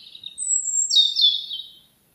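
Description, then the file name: European robin giving a short, bright, high whistled phrase that slides downward and ends in a quick warble. "Erithacus rubecula"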